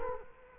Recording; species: mosquito wingbeat signal from an infrared sensor; Culex quinquefasciatus